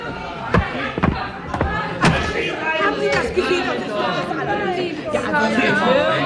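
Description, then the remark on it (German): A brawl: about four short, dry punches land in the first two seconds, followed by lighter blows, while several agitated voices shout and chatter throughout. “Er schlägt ganz kurz und trocken, Chef.”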